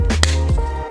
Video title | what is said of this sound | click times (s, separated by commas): Uptop Overland Scene Light Install & Truck update - 2016 Tacoma | You'll hear a couple clicks, and that's in. | 0.2 s